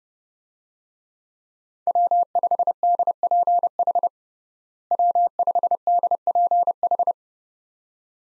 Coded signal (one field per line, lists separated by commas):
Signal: Morse code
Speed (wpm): 30 wpm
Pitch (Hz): 700 Hz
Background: none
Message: W5DPH W5DPH